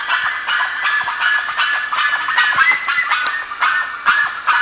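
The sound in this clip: Bird giving harsh, rapid calls, short raspy notes repeated a few times a second in uneven bursts.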